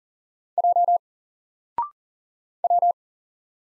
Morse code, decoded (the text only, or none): J W